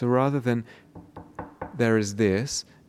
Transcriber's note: knocks on something